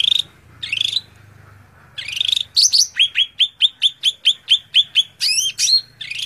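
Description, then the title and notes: Greater green leafbird singing buzzy rising phrases, then a rapid run of repeated sharp whistled notes, then looping upward notes and a closing buzzy phrase; faint low hum in the background. Song used as a training recording (masteran) for caged greater green leafbirds. "Suara Burung Cucak Ijo. mantap buat masteran burung cak ijo"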